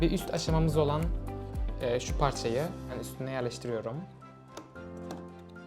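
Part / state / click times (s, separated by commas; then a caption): plastic upper-stage part onto the lower stage of a wind turbine model kit / seated / 4.6 s, 5.1 s. A plastic upper-stage part of a wind turbine model kit is placed on top of the lower stage and pushed down until it snaps in. Someone talks over music, and then two short clicks come at 4.6 s and 5.1 s as the part seats in place.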